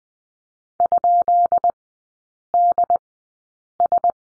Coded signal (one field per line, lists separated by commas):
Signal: Morse code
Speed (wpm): 20 wpm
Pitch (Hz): 700 Hz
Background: none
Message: ?DS